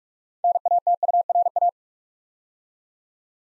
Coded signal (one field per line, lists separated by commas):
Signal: Morse code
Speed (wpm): 44 wpm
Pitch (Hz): 700 Hz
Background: none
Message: NATURA